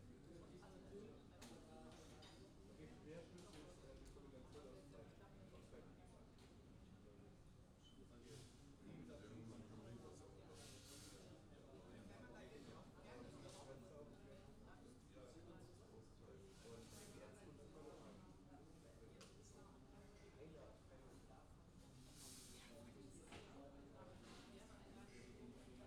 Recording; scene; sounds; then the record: everyday scene through a hearing-aid microphone; many people talking; many voices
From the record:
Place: university cafeteria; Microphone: in the ear canal, left